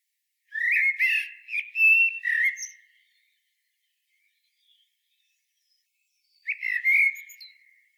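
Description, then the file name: Common blackbird with a long mellow warbled phrase, a pause of a few seconds, then a shorter fluty phrase. "Turdus merula"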